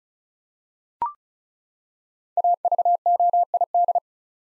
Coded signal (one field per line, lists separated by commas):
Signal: Morse code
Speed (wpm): 36 wpm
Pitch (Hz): 700 Hz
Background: none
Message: AVOID